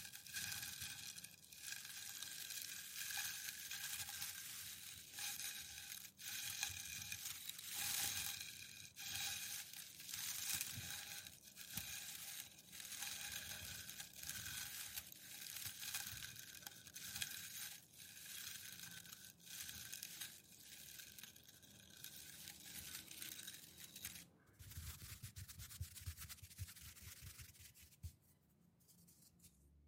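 Packing paper is slowly crinkled, rolled and pressed, giving a dense, crackly rustle that runs almost without pause. Sharper crackles stand out every second or so, and near the end the handling thins out into softer rubbing and brief quiet gaps.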